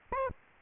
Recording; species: mosquito wingbeat signal from an infrared sensor; Aedes albopictus